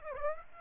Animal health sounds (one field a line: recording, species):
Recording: mosquito wingbeat signal from an infrared sensor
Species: Aedes aegypti